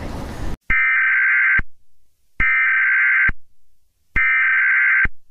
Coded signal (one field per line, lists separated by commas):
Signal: Emergency Alert System (SAME) tones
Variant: header bursts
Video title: EAS Scenario: uwucutesingle